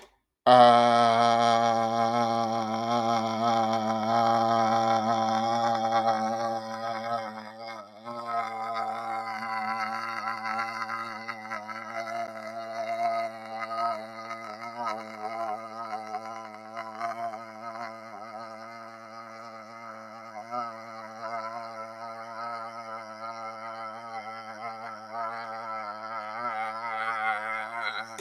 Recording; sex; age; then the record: vowel held as long as possible; male; 50 to 59 years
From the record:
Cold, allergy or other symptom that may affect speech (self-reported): no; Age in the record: 56 years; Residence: Georgia, United States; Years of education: 16